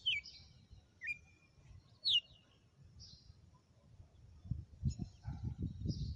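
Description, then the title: Red-cowled cardinal song: a few whistled downslurred notes with faint high chirps, then rumbling low noise rises near the end. Female; sang one lash (açoite) of song after another today. "Canto Galo Campina Fêmea. Galo de campina,hj foi um açoite atrás do outro"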